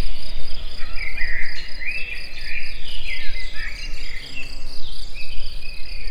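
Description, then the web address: Insects make an even high drone from start to finish. Recorded in nature at Egertúristaház. "rovarok. egerturistahaz"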